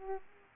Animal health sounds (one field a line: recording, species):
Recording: mosquito wingbeat signal from an infrared sensor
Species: Aedes aegypti